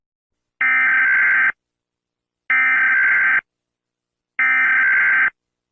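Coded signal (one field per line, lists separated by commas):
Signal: Emergency Alert System (SAME) tones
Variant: header bursts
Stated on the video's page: Self-made simulated alarm.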